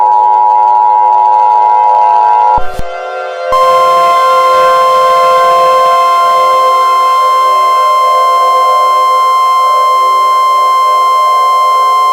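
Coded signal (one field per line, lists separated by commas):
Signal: Emergency Alert System (SAME) tones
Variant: 853 and 960 Hz attention tone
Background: music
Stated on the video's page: Fictional EAS scenario (simulated) about a Roblox Slender outbreak.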